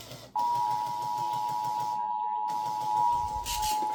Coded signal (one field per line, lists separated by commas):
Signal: Emergency Alert System (SAME) tones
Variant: 853 and 960 Hz attention tone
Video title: Alerts of the Week: S2 Ep 6: Week of 7/12/26 PART 2 (New EAS 1,110-1,124)